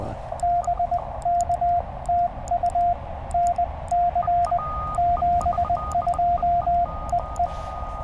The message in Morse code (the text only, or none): BK TU NC 72 EE